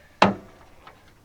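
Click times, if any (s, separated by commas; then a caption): 0.2 s. The deck mounting arm of a zero-turn mower is winched in until it latches onto the mower frame, giving a sharp single click at 0.2 s that rings briefly and fades, followed by a much fainter tick near 0.9 s. The arm is seated and locked in place.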